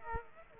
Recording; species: mosquito wingbeat signal from an infrared sensor; Aedes aegypti